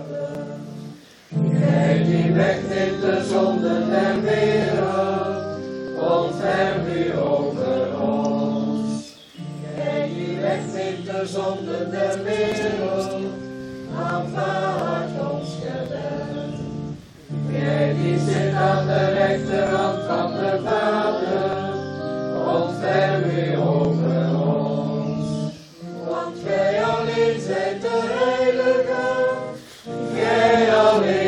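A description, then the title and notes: A choir sings outdoors, many voices holding sustained, layered notes in phrases of a few seconds each. Brief pauses near 1, 9, 17 and 26 seconds separate the lines. The sound is full, with no other noises standing out. An outdoor church choir by roelven.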